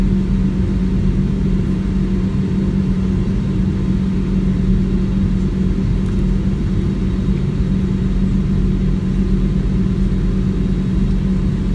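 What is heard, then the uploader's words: Aircraft takeoff at JFK, heard as a dense, steady low roar that holds at an even level for the whole twelve seconds. A constant mid-low tone hums beneath the rumble, with faint hiss above and no distinct separate events. Takeoff at JFK.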